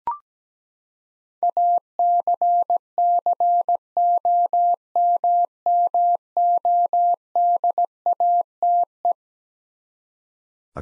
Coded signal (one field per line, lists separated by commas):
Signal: Morse code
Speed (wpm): 17 wpm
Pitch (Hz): 700 Hz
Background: none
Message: ACCOMMODATE